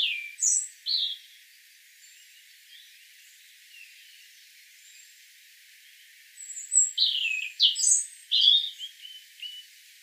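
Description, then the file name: European robin song: short, high, thin phrases of sweeping and trilled notes, two brief bursts at the start, then a richer cluster of varied twittering notes after a pause. "Erithacus rubecula"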